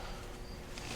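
The top spark plug cap is being pushed onto the spark plug of the front cylinder of an Aprilia Mille R, a tight fit. Only a steady, even broadband hiss with faint low rustling is heard, with no sharp transients. Nothing has snapped or seated yet.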